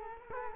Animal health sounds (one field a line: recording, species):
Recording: mosquito wingbeat signal from an infrared sensor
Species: Culex quinquefasciatus